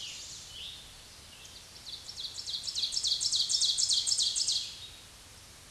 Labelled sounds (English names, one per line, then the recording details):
Ovenbird song
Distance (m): 15 m
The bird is about 5 m above the microphone
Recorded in a Pennsylvania forest on 16 May 2024 at 06:35
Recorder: AudioMoth, point MSD-2376
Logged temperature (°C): 16.7 °C
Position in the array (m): 135 m, 5 m